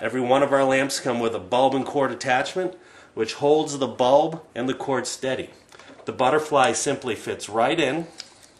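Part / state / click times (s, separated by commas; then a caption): butterfly spring clip of a bulb and cord holder into the base of a salt lamp / not seated / none. Someone talks while handling the butterfly-shaped spring clip of a bulb and cord holder, which is being pushed into the hole in the base of a salt lamp. A short faint tap is heard at 8.4 s at the very end, but the clip has not yet seated or clicked into place.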